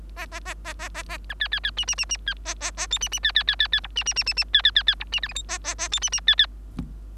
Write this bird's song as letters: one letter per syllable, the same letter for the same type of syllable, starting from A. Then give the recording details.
A A A A A A A B C C C D D D D C A A A E D D C C C C C F D D D D D C C C C F D G H I A A A E D D C C. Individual Bird3